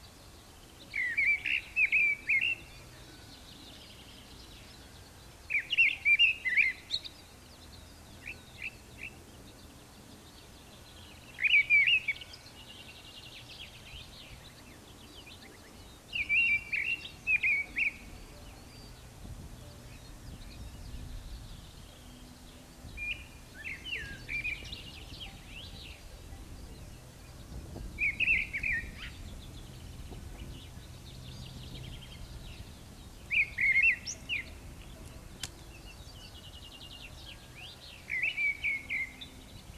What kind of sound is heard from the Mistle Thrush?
song